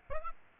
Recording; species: mosquito wingbeat signal from an infrared sensor; Aedes aegypti